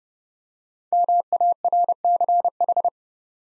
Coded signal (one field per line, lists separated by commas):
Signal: Morse code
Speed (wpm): 28 wpm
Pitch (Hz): 700 Hz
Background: none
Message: MARCH